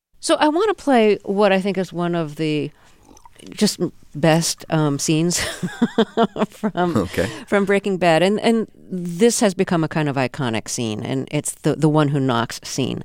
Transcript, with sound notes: So I want to play what I think is one of the just best scenes (laughing)
OK.
...From "Breaking Bad." And this has become a kind of iconic scene, and it's the one who knocks scene.